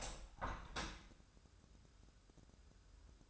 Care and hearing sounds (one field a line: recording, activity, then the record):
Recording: daily activity, microphone in the room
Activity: open window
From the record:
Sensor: 2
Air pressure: 1014.8 hPa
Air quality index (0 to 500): 81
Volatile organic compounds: 2 ppm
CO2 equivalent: 1071 ppm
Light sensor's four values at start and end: 8/19/8/8 and 8/19/8/8